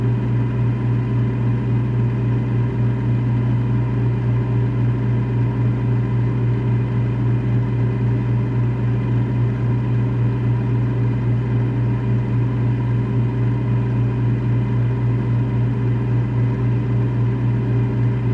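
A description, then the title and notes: A refrigerator motor runs with a steady, low hum and a faint buzz layered above it. The sound stays even and unbroken for the whole stretch, constant, with a slight fluttering texture and no distinct clicks or pauses. The calming and rhythmic sounds of a refrigerator running.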